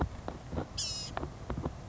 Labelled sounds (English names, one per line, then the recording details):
Blue-gray Gnatcatcher
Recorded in Sonoma County, California